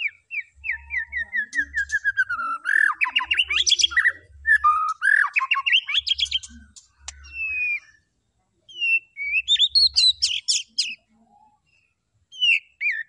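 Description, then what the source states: White-rumped shama: a falling string of quick whistles runs into loud varied trills, a brief silence, then a high rising flourish and scattered notes. Lure recording used to make the bird respond.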